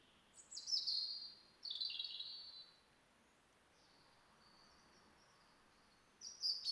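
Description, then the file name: European robin song: two high, thin warbling phrases with trills, a quiet stretch with a faint high note, then a short phrase starting at the end. "Erithacus rubecula"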